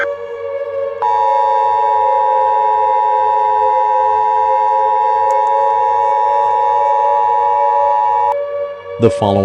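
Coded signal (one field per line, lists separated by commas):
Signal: Emergency Alert System (SAME) tones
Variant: 853 and 960 Hz attention tone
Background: speech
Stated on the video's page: Fictional EAS scenario; the alert is simulated.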